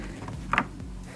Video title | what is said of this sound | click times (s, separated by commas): HYUNDAI ELANTRA FRONT TURN SIGNAL LIGHT BULB REPLACEMENT 2011 2012 2013 2014 2015 2016 | Push in until it clicks. | 0.5 s